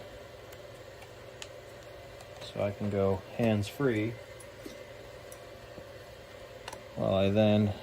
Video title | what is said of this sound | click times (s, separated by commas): DIY CNC Build | that can go into there lock into place | 1.4 s